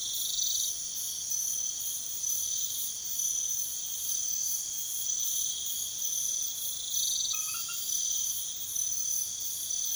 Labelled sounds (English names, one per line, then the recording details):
none
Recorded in pastures near Puerto Asís, Putumayo, Colombia, on 28 February 2025 at 00:00
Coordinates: 0.505, -76.324
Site GP08